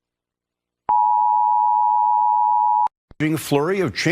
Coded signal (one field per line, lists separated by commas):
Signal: Emergency Alert System (SAME) tones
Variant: 853 and 960 Hz attention tone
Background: speech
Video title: EAS Scenario: Civil War II:Part II